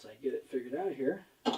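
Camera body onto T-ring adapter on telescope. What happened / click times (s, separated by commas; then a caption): Camera body handled against the mount adapter, not yet locked / none. A camera body is being handled and twisted onto the T-ring adapter on a telescope, but nothing has seated or clicked yet. Someone talks over the handling, and a brief broadband burst of handling noise comes at about 1.4 s near the end.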